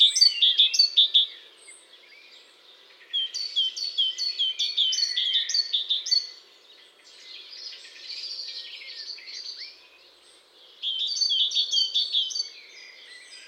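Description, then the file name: Great tit calls: fast rows of high, clipped notes alternating with rasping, buzzy churrs, repeated in several bursts. "Parus major"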